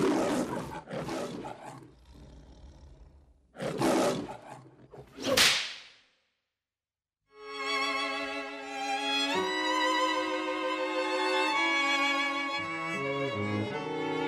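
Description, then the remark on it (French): A lion gives several rough, growling roars, the last one loudest and sharpest, then a brief silence before a sustained orchestral fanfare swells in, like the opening of a Metro studio film. “Et surtout pas à des journalistes de la télévision belge RTBF qui, comme dans un film d'espion de la métro, ont eu le privilège d'entendre le vieux lion rugir.”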